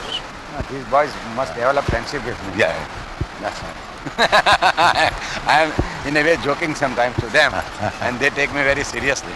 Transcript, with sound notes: No, these boys must develop friendship with me, that's all.
Yes. [laughing]
I am in a way joking sometimes to them, and they take me very seriously.